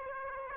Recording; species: mosquito wingbeat signal from an infrared sensor; Aedes aegypti